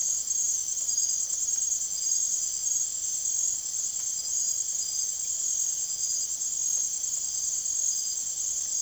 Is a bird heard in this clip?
no